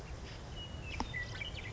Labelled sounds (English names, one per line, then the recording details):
Western Meadowlark
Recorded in Sonoma County, California